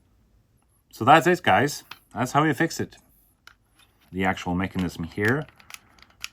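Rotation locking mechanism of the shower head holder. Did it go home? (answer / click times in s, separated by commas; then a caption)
yes / 6.2 s. Someone talks while demonstrating the repaired plastic rotation mechanism of a shower head holder. A few faint ticks follow, then a crisp plastic click at 6.2 s as the rotation mechanism locks in place just like it should.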